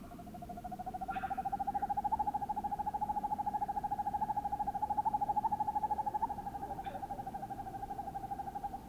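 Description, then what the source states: Northern hawk-owl giving a long, even, rapid trill of hooting notes that runs throughout, with two brief higher squeaks. Two males hooting.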